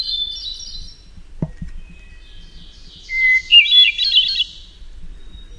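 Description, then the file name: Hermit thrush song: the tail of one phrase, a short thump, then a new phrase with a sustained whistle and a bright, echoing cascade. "HETH song"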